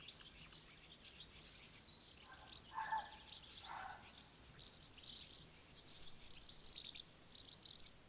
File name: Eestimaa Looduse Fond - Goldfinch